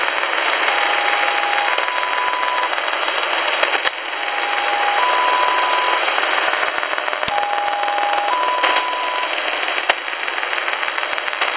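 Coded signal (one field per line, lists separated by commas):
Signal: numbers station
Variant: XPA-like polytone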